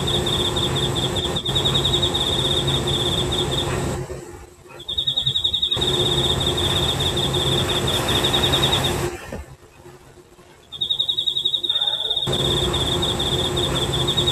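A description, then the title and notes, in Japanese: Insects calling in Hokkaido, with a bright, rapid trilling that runs steadily and then stops twice, around 4 and 9 seconds, for a second or two each time. A dense, even buzz and hum sits underneath, and the whole sound thins out during the pauses. 北海道の虫の声。ザーって言うノイズ的な雑音が入ってる。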